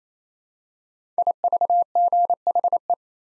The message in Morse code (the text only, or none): IVGHE